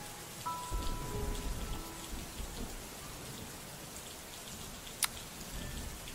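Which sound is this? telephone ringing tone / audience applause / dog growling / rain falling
rain falling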